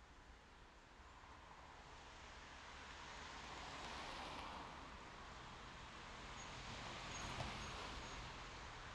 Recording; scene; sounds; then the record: everyday scene through a hearing-aid microphone; in traffic; traffic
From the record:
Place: main road on the outskirts, rush hour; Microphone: in the ear canal, left